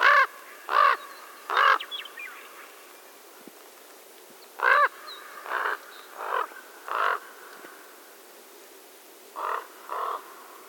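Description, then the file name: Common raven calling with harsh, throaty croaks, three loud ones in quick succession, then after a pause a looser series of mostly slightly softer croaks with gaps between. "Holló"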